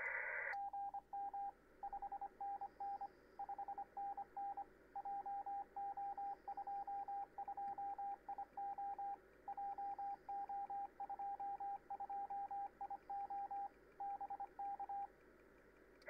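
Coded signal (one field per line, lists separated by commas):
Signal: Morse code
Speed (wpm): 25 wpm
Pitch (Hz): 800 Hz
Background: radio noise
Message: GM 5NN 5NN JO22IO JO22IO BK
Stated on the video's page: 6 meter CW contact captured live.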